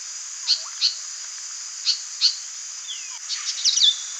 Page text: White-Naped Monarch Call. Quick Sounds